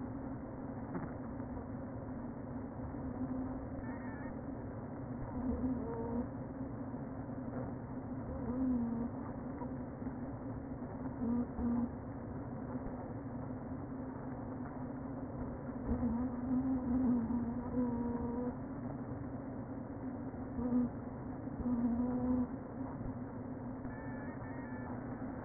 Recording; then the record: honeybee colony, microphone inside the hive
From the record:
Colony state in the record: queen present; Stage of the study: before two queens were removed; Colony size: about 60,000 bees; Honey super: yes